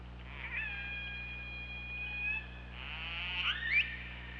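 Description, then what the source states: Orca calls underwater: long steady harmonic tones, then a burst of buzzy pulsed sound with a sharp rising sweep near the end, over a constant low hum. Recorded on an OrcaLab hydrophone on 24 August 2017, around 23:36.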